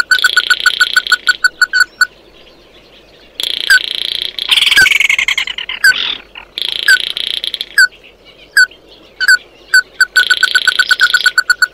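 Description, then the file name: Bird calls in fast runs of clipped, bright notes that break off and restart, alternating with loud buzzy droning bursts. "Tieng chim mat do"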